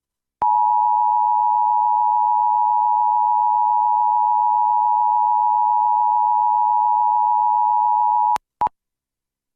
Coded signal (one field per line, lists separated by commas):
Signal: Emergency Alert System (SAME) tones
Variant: 853 and 960 Hz attention tone